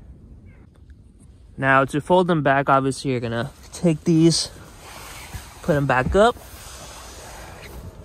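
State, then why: Not seated. In a 2019 Mustang GT, the folded rear seat back is lifted back up and moved into position toward its body latch while someone talks over quiet background noise. Nothing has latched or clicked yet.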